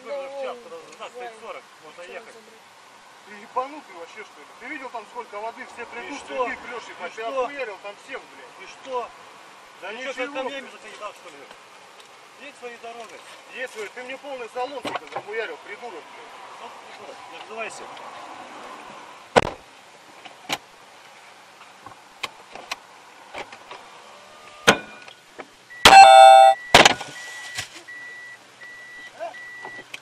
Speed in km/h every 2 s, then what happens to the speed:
0, 0, 0, 0, 0, 0, 0, 0, 0, 0, 0, 0, 0, 0, 0.
0-30 standing.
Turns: none.